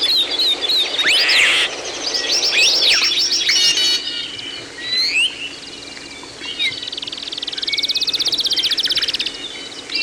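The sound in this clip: Bird song with bright chirps and sweeping whistles at first, then softer calls, ending in a fast, even buzzy trill.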